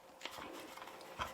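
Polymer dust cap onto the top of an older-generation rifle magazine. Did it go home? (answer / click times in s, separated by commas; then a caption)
no / none. A Gen 3 polymer dust cap is pressed onto the top of Gen 2 and Gen 1 polymer rifle magazines, giving a short, sharp plastic tap at 0.3 s and another knock around 1.2 s. The cap does not snap on because the teeth at the bottom of the cap do not latch, so nothing has seated or clicked yet.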